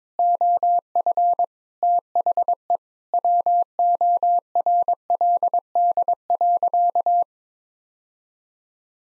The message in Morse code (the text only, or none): OF THE WORLD.